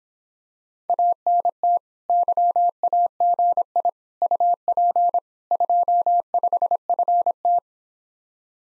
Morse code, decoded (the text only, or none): ANT YAGI UP 25FT